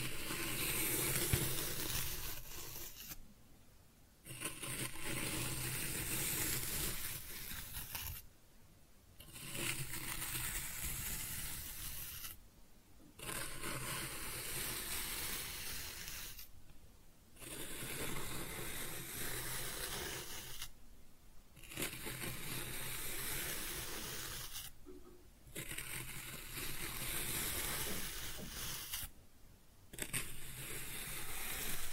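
Kinetic sand being cut and scooped in long, grainy, hissing strokes, each lasting a few seconds. Short silent pauses break them up roughly every four seconds. The scraping texture is dense and bright, with a low rumbling undertone, and nothing else is heard.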